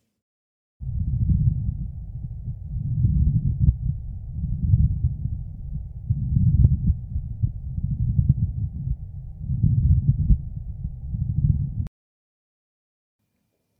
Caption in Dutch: Bij een ontsteking van je pleura ontstaat er pleuravrijven, doordat de pleurabladen tegen elkaar aanwrijven. Het is opnieuw dat geknispen in de sneeuw, maar nu hoor je dat ook. Alleen het is wel lastig te onderscheiden van crepitaties.